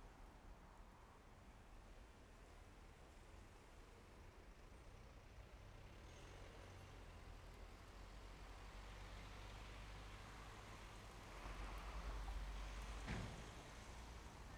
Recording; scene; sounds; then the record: everyday scene through a hearing-aid microphone; in traffic; traffic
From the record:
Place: main road on the outskirts, rush hour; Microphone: behind the ear, left, front